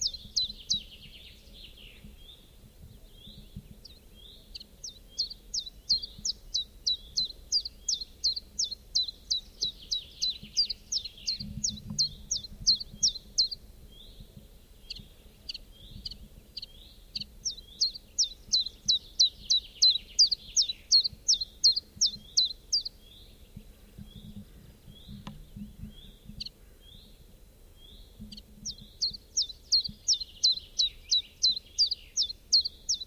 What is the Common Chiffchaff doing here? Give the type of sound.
song